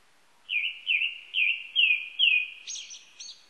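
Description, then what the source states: Japanese thrush giving five loud, down-slurred whistles about half a second apart, followed by a few high, thin squeaky notes. Recorded 19 April 1998.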